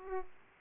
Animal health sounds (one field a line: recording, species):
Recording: mosquito wingbeat signal from an infrared sensor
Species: Aedes aegypti